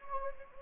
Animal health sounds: mosquito wingbeat signal from an infrared sensor; Anopheles gambiae

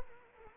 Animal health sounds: mosquito wingbeat signal from an infrared sensor; Anopheles arabiensis

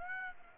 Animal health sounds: mosquito wingbeat signal from an infrared sensor; Aedes aegypti

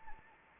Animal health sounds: mosquito wingbeat signal from an infrared sensor; Anopheles arabiensis

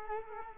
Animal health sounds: mosquito wingbeat signal from an infrared sensor; Culex quinquefasciatus

